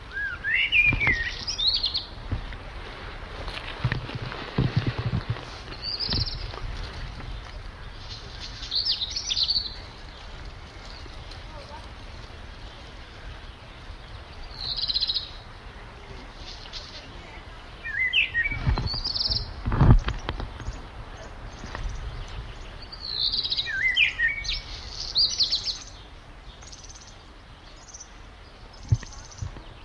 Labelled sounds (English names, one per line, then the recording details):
Black Redstart song
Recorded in the wild
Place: Wachau, AT
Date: 1989-06-16 15:22
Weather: 14°C
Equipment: Sony WM-D6C, Kopie Tesla B 116
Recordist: Tembrock, Günter